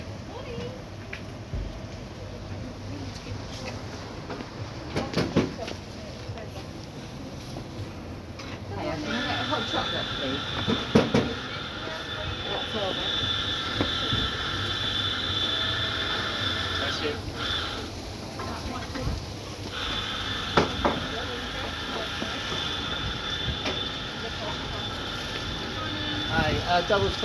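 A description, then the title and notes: A commuter journey by public transport, with voices talking over a steady low rumble of moving vehicles. From about nine seconds a sustained high whine joins in, breaking off briefly around seventeen to twenty seconds before returning, while scattered knocks and clatters punctuate throughout. For the last two years I have been commuting from Cambridge to London, using bus, train and tube. All sounds recorded in SmartMobiTools Audio Recorder on a Samsung Galaxy A41.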